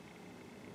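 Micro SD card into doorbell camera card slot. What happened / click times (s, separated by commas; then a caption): Handled, not yet home: no seating click is heard / none. A micro SD card is handled at the spring-loaded card slot of a Ceyomur smart doorbell camera. Only steady, broadband hiss is heard, with no distinct click or impact. Nothing has seated or clicked yet.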